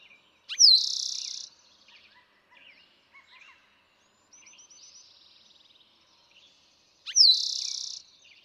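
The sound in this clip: Eastern towhee song given twice, each a quick note, slurred whistle and buzzy trill, with soft chips and twitters in between.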